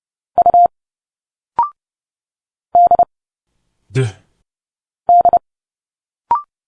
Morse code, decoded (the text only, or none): U D D